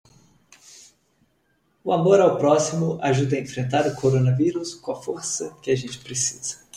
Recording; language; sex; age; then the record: spoken sentence; Brazilian Portuguese; male; 30 to 39 years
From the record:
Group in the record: control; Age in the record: 32 years